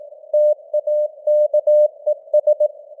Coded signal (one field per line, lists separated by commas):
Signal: Morse code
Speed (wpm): 18 wpm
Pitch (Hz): 600 Hz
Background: none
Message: TAKES